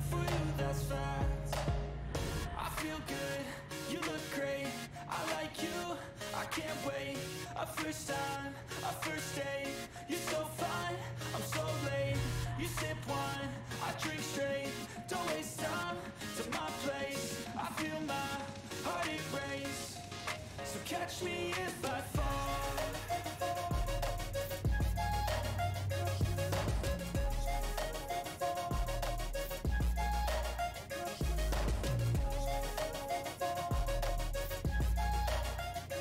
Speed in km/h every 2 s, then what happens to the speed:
102, 102, 101, 101, 101, 102, 102, 103, 103, 103, 103, 103, 103, 103, 103, 103, 103, 103.
0-36 steady at about 103.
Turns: none.